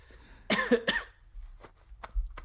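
Two harsh, quick coughs from an adult man who is sick, then faint sounds in a quiet room.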